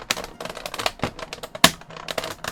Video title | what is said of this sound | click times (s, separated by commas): Vintage Toy Opening! Playmates: Star Trek The Next Generation- Innerspace NCC 1701-D USS Enterprise! | when it does actually pop into place | 1.6 s